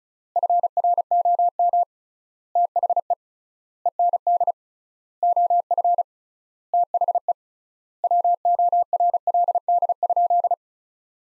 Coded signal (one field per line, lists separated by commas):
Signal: Morse code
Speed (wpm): 34 wpm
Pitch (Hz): 700 Hz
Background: none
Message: FROM THE END OF THE WORLD?